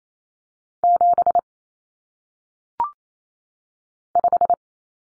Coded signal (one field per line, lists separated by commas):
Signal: Morse code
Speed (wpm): 28 wpm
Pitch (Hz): 700 Hz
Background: none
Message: 7 5